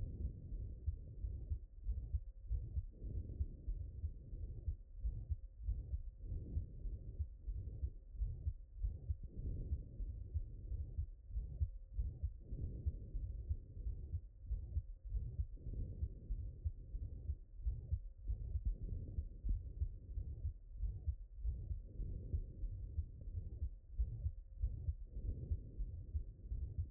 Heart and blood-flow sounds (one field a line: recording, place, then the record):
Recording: heart sounds by stethoscope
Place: mitral valve (MV)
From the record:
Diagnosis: non-HFrEF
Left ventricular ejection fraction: 47%